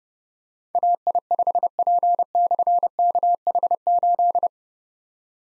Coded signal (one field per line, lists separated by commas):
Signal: Morse code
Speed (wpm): 30 wpm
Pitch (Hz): 700 Hz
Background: none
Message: AI5P/KH8